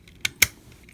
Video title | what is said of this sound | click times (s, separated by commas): Hero Hobby QD-01 TINY REX | Once you get that done, go ahead and push this slide this whole assembly down until it clicks | 0.2 s, 0.4 s